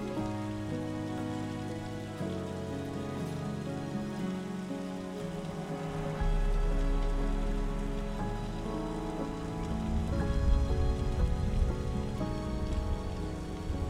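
Soft rain falls under slow, calm music built from sustained low chords that change every couple of seconds. The bass deepens around six seconds, and the rain patter grows a little denser and louder toward the end. No thunder stands out.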